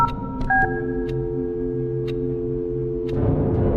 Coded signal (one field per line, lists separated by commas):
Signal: telephone call progress tone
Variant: North America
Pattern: dial tone